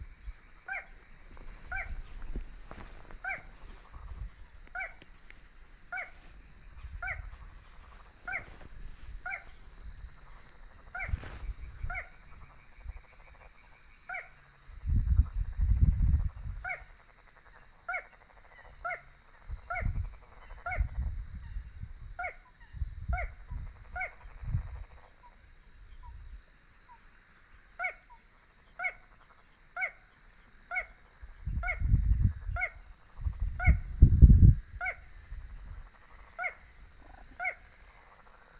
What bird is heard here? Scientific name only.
Porzana parva